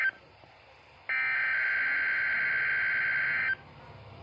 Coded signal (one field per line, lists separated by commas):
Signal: Emergency Alert System (SAME) tones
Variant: header bursts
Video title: EAS #62 - Required Weekly Test